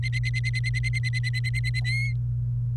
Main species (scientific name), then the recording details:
Serinus canaria. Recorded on 28 April 2018 at 10:26. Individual llb3